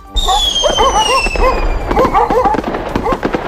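firecrackers and fireworks exploding

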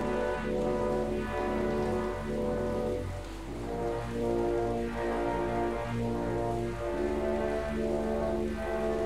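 nature, rain falling

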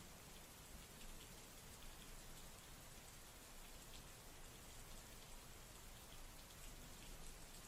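nature, heavy rain falling

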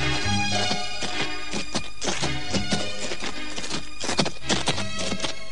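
animal, horse hooves clip-clopping

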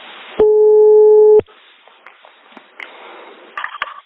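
signal or alarm, telephone call ringing tone

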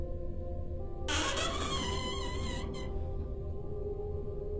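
household object, door creaking open

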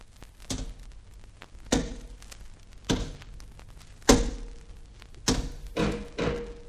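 household object, door opening

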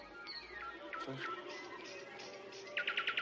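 bird, nightingale singing

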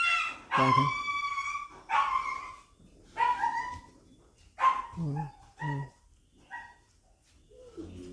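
animal, dog barking

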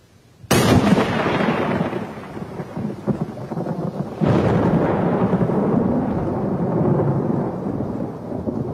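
nature, thunder

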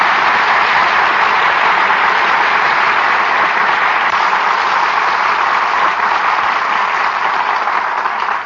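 crowd, applause

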